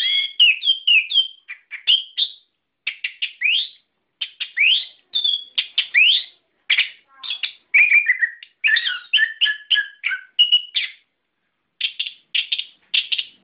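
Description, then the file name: Songbird song in clipped bursts of high upslurred chirps and whistles, with a brief twittering run in the middle. Masteran song for training cage birds. "ak-masteran -omkicau"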